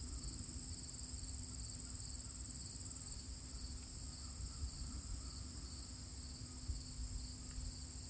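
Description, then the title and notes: Crickets give a continuous high shimmering trill that holds steady throughout, over a low background rumble with a faint steady hum. Recorded at the edge of a field on August 31, 2023, the last day of August. "E.B. White’s crickets"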